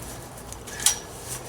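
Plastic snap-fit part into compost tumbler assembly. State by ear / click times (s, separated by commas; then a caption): seated / 0.9 s. The last plastic snap-fit part is pressed into a Gobetter 45-gallon compost tumbler, with a faint tick near 0.5 s before a sharp, bright click at 0.9 s. The part snaps home and is seated, and that satisfying click is the sign it went in right.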